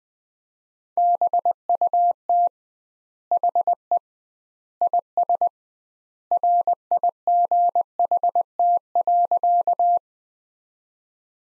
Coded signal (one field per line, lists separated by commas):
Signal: Morse code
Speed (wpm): 20 wpm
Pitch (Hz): 700 Hz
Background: none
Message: BUT HE IS RIGHT.